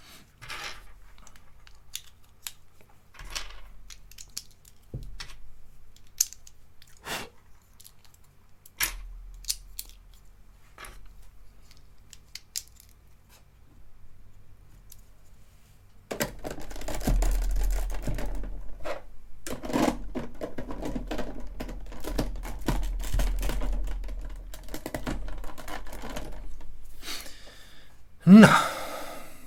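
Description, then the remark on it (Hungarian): Sharp, scattered clicks and small rustles give way to a long stretch of dense, steady plastic crinkling as the eighth plastic bag of pieces of a building set is handled and torn open, ending with a brief louder crackle. “Na, most jutottam el egyébként el oda, minthogyha most bontanám ki a 8. zacskót.”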